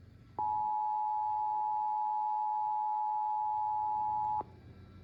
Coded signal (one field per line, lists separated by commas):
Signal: Emergency Alert System (SAME) tones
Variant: 853 and 960 Hz attention tone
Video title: A Day of RMTs (EAS #979-#982)